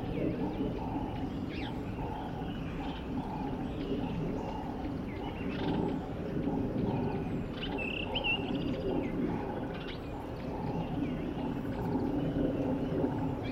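A natural soundscape beside a dry stretch of the Limpopo River in South Africa, early in the rainy season. A dense, steady low rumble and murmur fills the whole clip, with a repeating mid-pitched pulsing call and scattered bird chirps higher up, especially around eight seconds.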